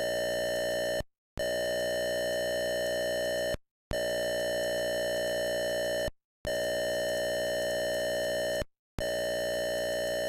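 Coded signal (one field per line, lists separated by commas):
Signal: computer data on cassette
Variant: Atari 8-bit cassette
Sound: buzzy steady data tone in about four long blocks with brief silences between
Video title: Atari 400 Mini Coming soon, Data Cassette Tape Loader - Game - Demon Attack by IMAGINE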